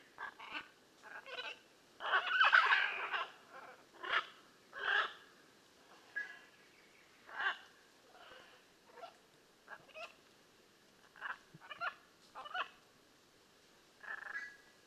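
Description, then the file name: Blue-and-yellow macaw uttering a long series of coarse, scratchy squawks, one especially loud raucous outburst early, then shorter harsh calls repeated irregularly. "Blue and yellow Macaw Ara ararauna"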